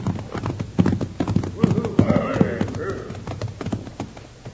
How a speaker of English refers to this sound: With the sun out, they'll be riding in. Hey, here come some riders now. And I ain't seen that pinto horse before.